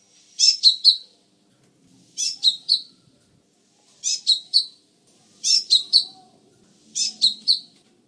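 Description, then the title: Sunbird giving five short phrases of a few sharp, high chirps each, spaced evenly. "kicau kolibri"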